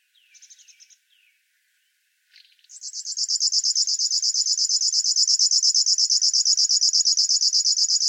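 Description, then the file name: River warbler song: a few soft, brief buzzy phrases and a pause, then a loud, sustained, rapidly pulsing insect-like trill. "Schlagschwirl - Locustella fluviatilis"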